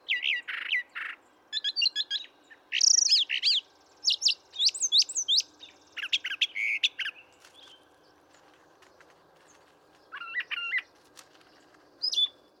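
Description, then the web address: Brown thrasher song, varied phrases of sharp chirps, slurred notes and buzzy syllables, often given in quick pairs with short pauses between them. "birdsongforthecurious Brown Thrasher"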